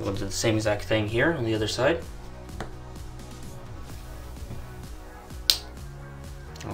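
Someone talks over music at the start, then repeats the band release on the other side of a Samsung Gear Fit 2 fitness tracker housing. The wrist band latch pops out of the housing with a loud, sharp snap at 5.5 s, releasing the second watch band.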